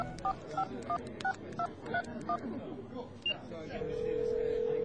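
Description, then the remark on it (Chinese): A phone number is keyed in as a quick run of about eight touch-tone beeps, each a short two-note tone. This is a call to a mobile phone. A steady low ringing tone follows over faint background murmur. “打咪打咯，攞个电话嚟。”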